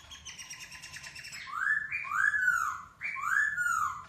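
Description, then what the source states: Masked laughingthrush song: a buzzy, rapidly pulsed phrase, then a few loud downslurred whistles. Local Indonesian name Poksai Hongkong; song said to captivate other birds.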